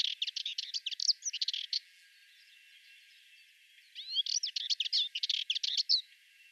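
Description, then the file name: Sardinian warbler song: two bursts of rapid, scratchy, chattering notes with a few sweeping whistles, separated by a two-second pause. "Fauvette melanocephale"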